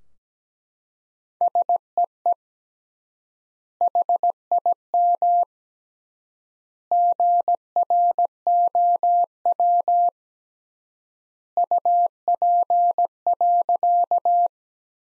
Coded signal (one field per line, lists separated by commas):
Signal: Morse code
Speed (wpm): 17 wpm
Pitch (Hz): 700 Hz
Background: none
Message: SEE HIM GROW UP.